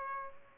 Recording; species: mosquito wingbeat signal from an infrared sensor; Aedes aegypti